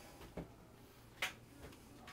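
A vertical blind headrail is hooked over the back of its mounting clips and pushed into the spring-loaded front of the clip. One sharp snap is heard at 1.2 s, with a duller knock just before it and a faint sound near the end. The headrail snaps into place in its mounting clip.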